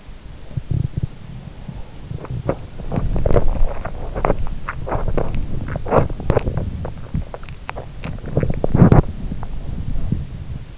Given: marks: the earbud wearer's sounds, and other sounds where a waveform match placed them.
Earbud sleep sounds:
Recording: sounds in sleep by an in-ear microphone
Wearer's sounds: body movement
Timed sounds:
0.00-10.78 s: body movement

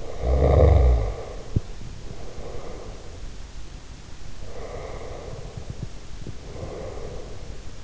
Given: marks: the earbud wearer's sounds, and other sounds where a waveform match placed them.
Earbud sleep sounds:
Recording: sounds in sleep by an in-ear microphone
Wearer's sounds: snoring breath, breath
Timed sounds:
0.00-3.31 s: snoring breath
4.42-7.73 s: breath

